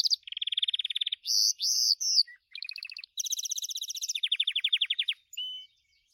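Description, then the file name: Gloster canary song: a fast run of varied trills and rolling tours, shifting between buzzy low rolls and bright high-pitched rattles, with brief pauses between phrases. "canto do canario gloster"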